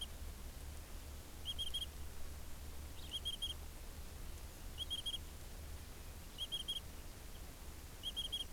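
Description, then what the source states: Insect chirping, short high triple-pulsed bursts repeated roughly every one and a half seconds, over a steady low rumble. Recorded in a pasture.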